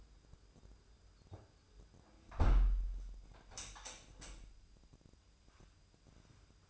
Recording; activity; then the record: daily activity, microphone in the room; close window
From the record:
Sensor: 2